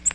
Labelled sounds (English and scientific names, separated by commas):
Nashville Warbler (Leiothlypis ruficapilla) flight call